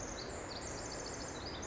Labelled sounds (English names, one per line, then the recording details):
Pacific Wren
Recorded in Sonoma County, California